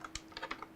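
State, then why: Not seated. A plastic RJ45 Ethernet plug is pushed into the rear LAN port of an AtomMan G7 Ti mini PC (Intel Core i9-14900HX, GeForce RTX 4070), giving a few short, light plastic ticks and scrapes around 0.1, 0.2, 0.4, 0.5 and 0.6 s. The latch tab never clicks and the plug sits loosely, so it has not seated.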